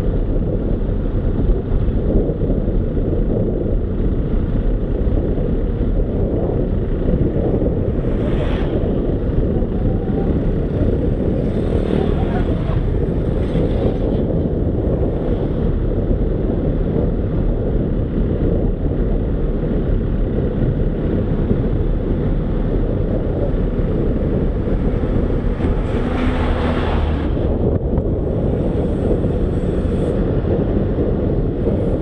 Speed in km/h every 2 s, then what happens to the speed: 28, 27, 25, 22, 23, 23, 23, 24, 24, 25, 24, 22, 22, 21, 26, 28.
0-6 slows to 22. 6-26 steady at about 23. 26-32 speeds up to 28.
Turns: none.